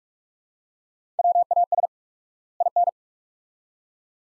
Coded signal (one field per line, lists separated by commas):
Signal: Morse code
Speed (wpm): 46 wpm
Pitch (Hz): 700 Hz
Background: none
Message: WAS IN